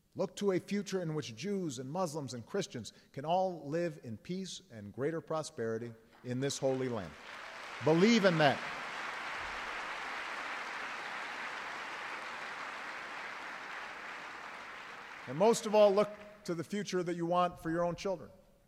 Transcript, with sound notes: Look to a future in which Jews and Muslims and Christians can all live in peace and greater prosperity in this Holy Land. (Applause.) Believe in that. And most of all, look to the future that you want for your own children